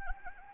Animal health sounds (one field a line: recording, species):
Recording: mosquito wingbeat signal from an infrared sensor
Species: Anopheles gambiae